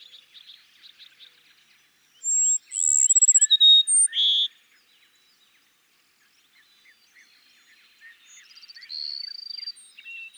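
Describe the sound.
Cassin's sparrow: one loud phrase of high whistles and a trill, with soft twittering before it and a fainter song afterward.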